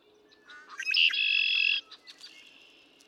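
Red-winged Blackbird song: a few soft introductory notes, then a loud buzzy trill held for nearly a second, followed by faint chips.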